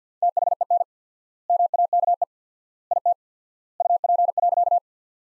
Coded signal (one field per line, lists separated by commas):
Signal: Morse code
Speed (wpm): 50 wpm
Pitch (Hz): 700 Hz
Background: none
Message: THEN MAKE IT UP.